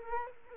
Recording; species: mosquito wingbeat signal from an infrared sensor; Culex quinquefasciatus